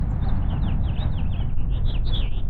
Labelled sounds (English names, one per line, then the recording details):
House Finch song
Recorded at WGilgo Beach on Long Island, New York, on 22 May 1975
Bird F